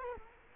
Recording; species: mosquito wingbeat signal from an infrared sensor; Culex quinquefasciatus